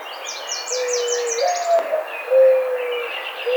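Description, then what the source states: Mourning dove cooing: a low steady coo that slides upward, then mellow falling coos, while other small birds twitter and chirp at high pitch. Recorded on 5 May 2009.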